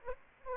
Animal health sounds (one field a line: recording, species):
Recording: mosquito wingbeat signal from an infrared sensor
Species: Aedes aegypti